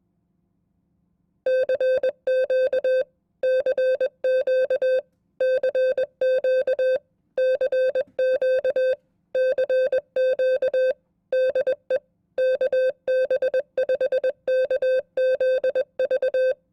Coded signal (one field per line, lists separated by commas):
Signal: Morse code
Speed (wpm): 21 wpm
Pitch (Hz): 520 Hz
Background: none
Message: CQ CQ CQ CQ CQ DE KB5KZV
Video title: Morse Code Test #1 @20 WPM